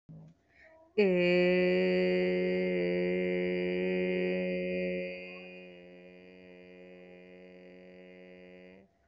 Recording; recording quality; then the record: sustained vowel as in made; moderate, slight background noise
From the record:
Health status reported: respiratory illness, not identified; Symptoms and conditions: diabetes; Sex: female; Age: 32 years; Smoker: not ticked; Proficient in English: yes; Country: India